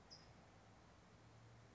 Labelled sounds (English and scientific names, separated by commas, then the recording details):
California Towhee (Melozone crissalis)
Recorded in Sonoma County, California